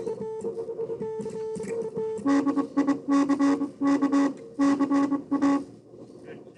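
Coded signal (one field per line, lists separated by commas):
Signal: Morse code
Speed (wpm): 23 wpm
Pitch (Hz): 280 Hz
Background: speech, music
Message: DICK CA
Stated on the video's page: Live feed of a club station operating in the NAQP contest.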